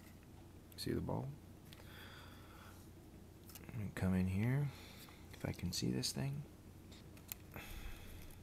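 A plastic ball link from an RC helicopter's inner shaft hub and flybar assembly is being handled near the metal ball stud on the rotor head, while someone talks. Small handling clicks and taps are heard around 1.7, 3.6 and 7.2–7.6 seconds. Nothing has seated or snapped onto the ball yet.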